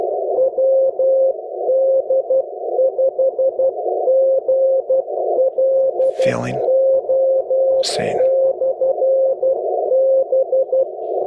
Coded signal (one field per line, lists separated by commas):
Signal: Morse code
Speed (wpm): 12 wpm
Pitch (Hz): 530 Hz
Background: speech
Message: WD5GLO/B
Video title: LICW Haptic CW Decoder--Feel the Code!